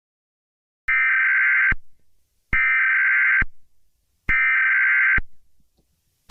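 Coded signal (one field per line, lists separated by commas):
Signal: Emergency Alert System (SAME) tones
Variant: header bursts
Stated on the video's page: Simulated emergency alerts edited into horror game footage, including child abduction, civil danger, law enforcement warning and emergency action notification.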